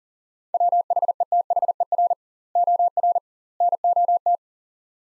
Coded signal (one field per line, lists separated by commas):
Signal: Morse code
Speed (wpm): 40 wpm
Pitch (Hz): 700 Hz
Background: none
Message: WHETHER OR NOT